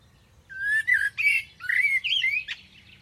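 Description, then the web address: Bird calls: a tight series of rasping, squawky notes with whistled overtones, some rising and falling, ending in a short scratchy note. "cianscape birddata Deverinetal 2025 Bird Only Tu Me"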